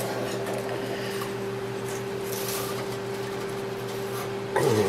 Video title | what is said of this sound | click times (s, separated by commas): DEPB 1 - DELL DUMPSTER DIVER SERIES - What not to do PART 3 | for that click yes | 4.6 s